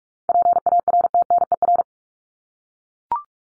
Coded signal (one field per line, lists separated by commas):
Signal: Morse code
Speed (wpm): 44 wpm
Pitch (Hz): 700 Hz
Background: none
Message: PARTNER